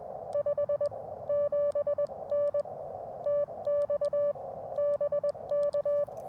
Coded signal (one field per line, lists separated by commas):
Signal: Morse code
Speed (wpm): 21 wpm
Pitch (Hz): 580 Hz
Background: none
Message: 57N TX BK